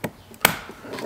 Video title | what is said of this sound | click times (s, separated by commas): Ford Focus Window Switch Replacement | until you hear it click | 0.4 s